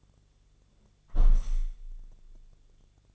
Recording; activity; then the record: daily activity, microphone in the room; close window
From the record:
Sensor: 4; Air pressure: 1001.2 hPa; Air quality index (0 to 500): 168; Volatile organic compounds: 2 ppm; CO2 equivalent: 1206 ppm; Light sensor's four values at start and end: 13/29/12/12 and 13/29/12/12